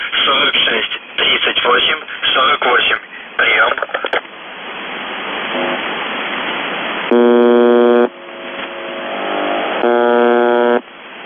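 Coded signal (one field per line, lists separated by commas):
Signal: numbers station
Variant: UVB-76 (The Buzzer)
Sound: short spoken voice message over static, then two harsh one-second buzzes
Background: radio static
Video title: The Buzzer/UVB-76(4625Khz) June 28, 2021 08:11UTC Voice message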